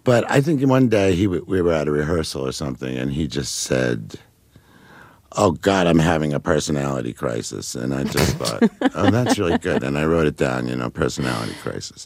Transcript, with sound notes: But I think one day we were at a rehearsal or something, and he just said, oh, God, I'm having a personality crisis, and I just thought...
(Laughter).
...Oh, that's really good, and I wrote it down, you know, "Personality Crisis."